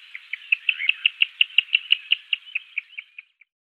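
Little ringed plover giving a rapid run of many high, clipped whistled notes, swelling then fading and slowing toward the end, on a quiet background.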